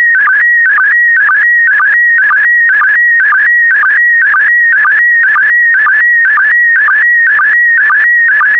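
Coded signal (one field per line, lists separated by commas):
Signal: SSTV (slow-scan television)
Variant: PD120 mode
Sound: steady high whistle-like tone broken by regular quick warbling blips about twice a second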